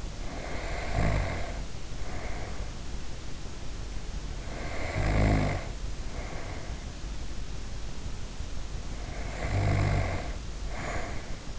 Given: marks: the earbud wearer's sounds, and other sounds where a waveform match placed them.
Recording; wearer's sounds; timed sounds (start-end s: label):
sounds in sleep by an in-ear microphone; snoring breath
0.00-2.84 s: snoring breath
4.26-7.01 s: snoring breath
8.82-11.59 s: snoring breath